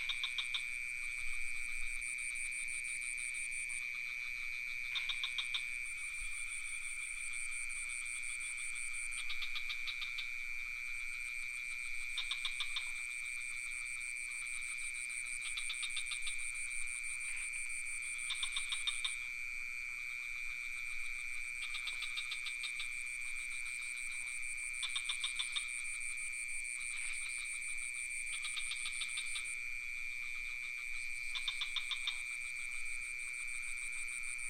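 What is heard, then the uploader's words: Crickets trill without pause near a pond, a dense, steady, high chorus that never drops out. Every few seconds, at roughly regular intervals, brighter pulsing calls from frogs rise over the trill. Nothing sounds in the low range; the night chorus fills the whole clip. Crickets and frogs in Ubud. Recorded near the pond in Ubud. Sublime frequencies of crickets and some frogs. Sony PCM D50, Rode NT4.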